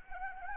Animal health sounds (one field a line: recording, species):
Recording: mosquito wingbeat signal from an infrared sensor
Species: Anopheles gambiae